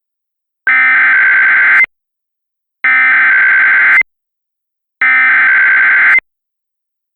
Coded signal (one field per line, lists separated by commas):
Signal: Emergency Alert System (SAME) tones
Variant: header bursts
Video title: (FICTIONAL) (EAS #1) Severe Thunderstorm Warning